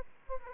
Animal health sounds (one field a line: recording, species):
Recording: mosquito wingbeat signal from an infrared sensor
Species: Aedes aegypti